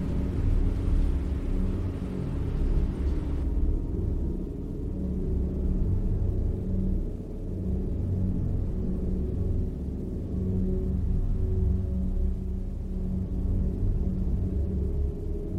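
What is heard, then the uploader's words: A spaceship sleep chamber hums with a deep, steady rumble that stays dense and even, with slow pulsing tones woven through the low end. A soft hiss rides on top for the first few seconds, then drops away, leaving only the low drone. The Ambient Spaceship Soundscape.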